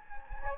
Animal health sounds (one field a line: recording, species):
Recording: mosquito wingbeat signal from an infrared sensor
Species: Anopheles gambiae